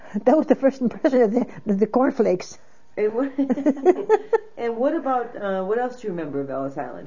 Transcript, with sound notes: That was the first impression, the cornflakes. ( she laughs )
And what, and what about, what else do you remember at Ellis Island?